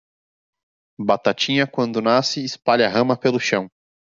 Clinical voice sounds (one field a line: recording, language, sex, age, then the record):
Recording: short text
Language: Brazilian Portuguese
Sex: male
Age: 20 to 29 years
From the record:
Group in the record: control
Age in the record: 28 years